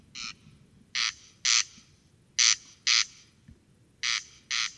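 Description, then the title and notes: Corn crake rasping call, a soft single note followed by three harsh paired bursts with brief silences between them. Single singing bird near a peat bog at Col Bayard, Hautes-Alpes, 12 July 2018, evening; sang continuously from 23:00 until dawn; recorded with Nagra Seven and Telinga Pro7. "Col Bayard - Hautes Alpes. Râle des genêts"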